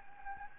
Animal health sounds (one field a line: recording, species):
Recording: mosquito wingbeat signal from an infrared sensor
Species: Anopheles gambiae